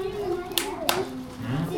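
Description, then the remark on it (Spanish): Two sharp hand claps, about a third of a second apart, crack over a child's steady talking voice, which continues underneath and after them; clapping hands as a way of announcing that someone has come to the door. “O golpean las manos.”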